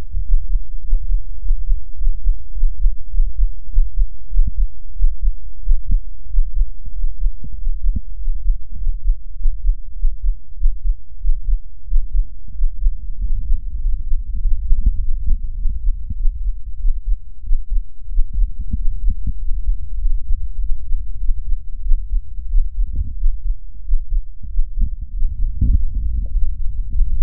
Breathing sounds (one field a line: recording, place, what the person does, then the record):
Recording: lung sounds by stethoscope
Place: left anterior apical chest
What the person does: quiet breathing, then deep breathing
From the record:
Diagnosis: none (healthy)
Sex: male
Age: 23 years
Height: 185 cm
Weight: 93 kg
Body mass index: 27.2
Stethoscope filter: bell mode